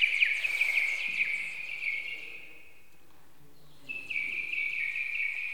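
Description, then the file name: Bird chirping softly in quick high notes, trailing off into near silence before a quieter chirping tone returns. "Linnut"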